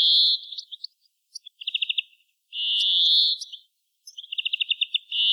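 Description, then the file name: European greenfinch: harsh buzzy wheezes alternate with quick rattling trills, a wheeze, trill, wheeze, trill pattern repeated across a few seconds. "Chloris chloris"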